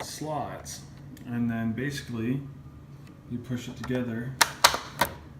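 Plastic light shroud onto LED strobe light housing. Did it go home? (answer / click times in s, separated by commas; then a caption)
yes / 4.7 s, 5.0 s. Someone talks, then a plastic light shroud is lined up with the slots and pushed onto the housing of a 16 LED strobe light, meant to keep the light out of the driver's eyes. Sharp plastic clicks sound at 4.7 s and 5.0 s as the shroud seats firmly on the strobe light.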